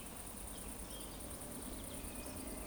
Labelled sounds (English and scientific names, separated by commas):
Eurasian Woodcock (Scolopax rusticola) whistle